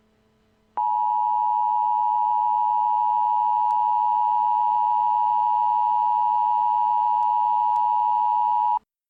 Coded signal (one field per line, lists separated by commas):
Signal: Emergency Alert System (SAME) tones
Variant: 853 and 960 Hz attention tone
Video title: EAS Scenario: WW3 Part 2: Escalation